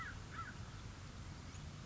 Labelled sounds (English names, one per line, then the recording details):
American Crow
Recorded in Sonoma County, California